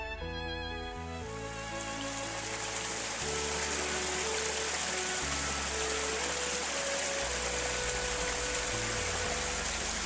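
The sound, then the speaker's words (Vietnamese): A low waterfall spilling as a white curtain of water over a hillside of low bushes: a steady, dense wash of rushing water roars without a break, with low sustained tones shifting pitch every few seconds underneath. “Thác không cao, nhưng màn nước giống như một miếng voanh trắng phủ kín sườn đồi lởm chởm những bụi cây thấp.”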